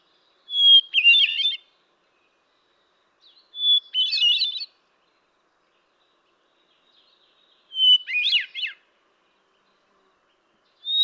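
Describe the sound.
Hermit thrush song: a clear held whistle opening each phrase, then a fluty, tumbling flourish, phrases repeated every few seconds with silent gaps.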